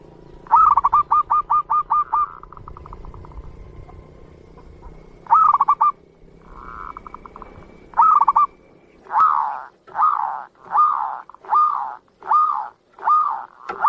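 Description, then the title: Zebra dove song: bursts of rapid stuttering notes, then a steady series of rounded coos repeated almost every second, with a faint low hum underneath. Master zebra dove song, presented as a sound that prompts other zebra doves to join in and sing (manggung). "Perkutut Mana Yang Nggak Ikut Manggung Dengar Suara Perkutut Masteran Ini"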